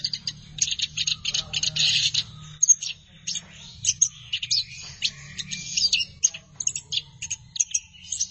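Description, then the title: Thrush delivering bursts of sharp, rapid high notes and short twittering runs separated by brief gaps, with a low hum underneath. "burung anis x"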